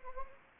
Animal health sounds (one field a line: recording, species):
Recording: mosquito wingbeat signal from an infrared sensor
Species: Anopheles gambiae